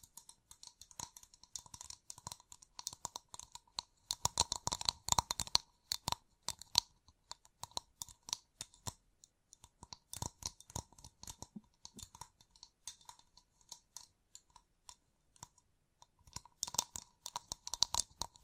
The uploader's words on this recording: ASMR Gem Covered Fingertips Tapping and Scratching (No Talking).